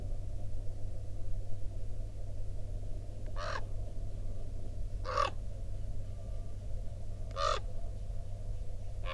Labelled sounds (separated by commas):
corvid, truck, machinery